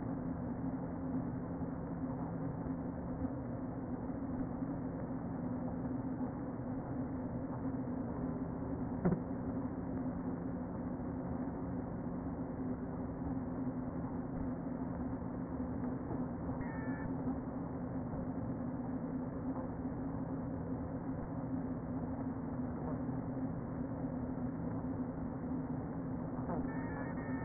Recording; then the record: honeybee colony, microphone inside the hive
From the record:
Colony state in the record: queen present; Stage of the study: before two queens were removed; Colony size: about 60,000 bees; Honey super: yes